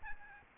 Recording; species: mosquito wingbeat signal from an infrared sensor; Aedes albopictus